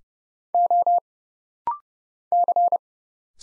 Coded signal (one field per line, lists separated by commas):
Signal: Morse code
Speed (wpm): 31 wpm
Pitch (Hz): 700 Hz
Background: none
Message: O C